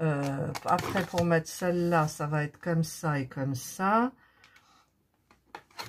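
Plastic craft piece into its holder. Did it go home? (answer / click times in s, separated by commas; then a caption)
yes / 5.5 s. A plastic bead craft piece is fitted into its holder and pushed in while someone talks. After the talking stops, there are faint handling sounds, then one sharp, short click at 5.5 s as the piece clicks home and is seated.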